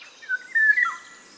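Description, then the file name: Eurasian golden oriole song: a liquid, flute-like whistled phrase of several gliding notes, ending in a lower slur, with soft hiss behind. "Sommargylling"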